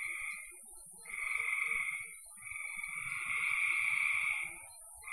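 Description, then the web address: Frogs calling in several long buzzy trills, some lasting well over a second, over a steady high hiss. "cn frogs"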